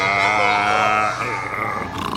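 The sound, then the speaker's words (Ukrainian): A tiger lets out a loud, sustained growling roar lasting about two seconds, a rough, rumbling tone that wavers and grows grittier toward the end, with no talking. “Значит, тигр, это ты?”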